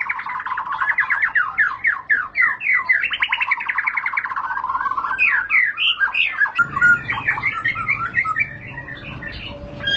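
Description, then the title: White-rumped shama singing a long fast trill of repeated slurred notes, then scattered whistles; a low hum enters partway through. Lure recording (pancingan) of a high-class bird, much sought as a master tutor song for training caged birds. "Pancingan Murai Batu Berkelas Banyak Di Cari Buat Masteran"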